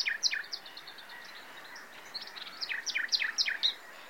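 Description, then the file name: Common nightingale singing: a run of sharp, downward-sliding notes repeated rapidly, a pause, then a second burst of similar quick notes. "Luscinia megarhynchos"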